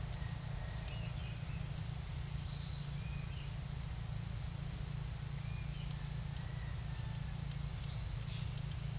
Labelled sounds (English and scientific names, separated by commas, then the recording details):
none
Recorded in secondary vegetation near Puerto Asís, Putumayo, Colombia, on 23 June 2025 at 11:30
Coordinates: 0.498, -76.327
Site GP09